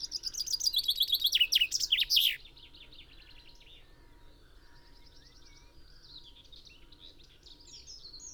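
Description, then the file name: Common chaffinch song: a bright, rapid trill descending in pitch and ending in a quick flourish, lasting about two seconds, followed by faint chirps. "Fringilla coelebs"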